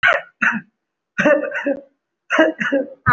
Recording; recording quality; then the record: shallow voluntary cough; moderate, slight background noise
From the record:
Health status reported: respiratory illness, not identified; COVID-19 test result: not tested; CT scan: not taken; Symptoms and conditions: cough, cold, breathing difficulty, asthma, chronic lung disease, hypertension, diabetes, ischaemic heart disease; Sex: male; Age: 54 years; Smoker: yes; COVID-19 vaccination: one dose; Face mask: worn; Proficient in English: no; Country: India